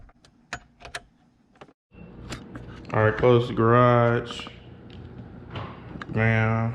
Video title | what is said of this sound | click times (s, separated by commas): 2 Must have Dodge Challenger and Charger Mods | it's gonna snap right in. | 0.5 s